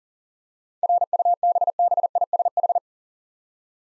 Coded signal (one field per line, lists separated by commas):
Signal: Morse code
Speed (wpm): 42 wpm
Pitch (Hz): 700 Hz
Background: none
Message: RUBBISH